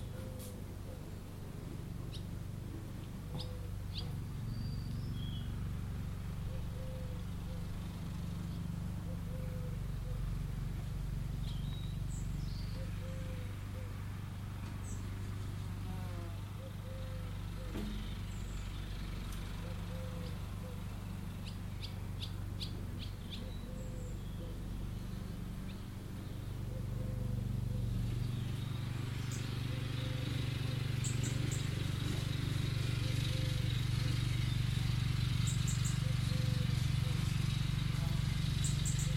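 A low, steady buzzing hum from a hummingbird hawk-moth runs throughout, growing fuller after about 28 seconds. Soft mid-pitched pips repeat roughly every two seconds, with scattered faint high chirps and ticks in the background.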